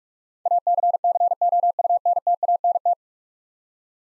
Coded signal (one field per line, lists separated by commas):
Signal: Morse code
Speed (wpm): 45 wpm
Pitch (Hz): 700 Hz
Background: none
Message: ACCOUNTANT